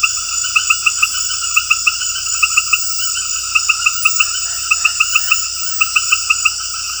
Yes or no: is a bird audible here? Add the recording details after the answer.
no. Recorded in dense forest near Puerto Asís, Putumayo, Colombia, on 18 February 2024 at 21:00. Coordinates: 0.487, -76.319. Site G6403